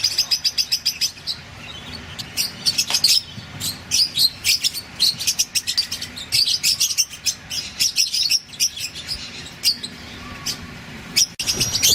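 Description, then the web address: Fischer's lovebird chatter: a rapid string of piercing chirps at first, then a busy, continuous mix of shrill squeaks and twittering notes. Lovebirds, genus Agapornis, singing. "golosa ptic kak poyut popugai nerazlucniki agapornis. parrots agapornis-fischeri"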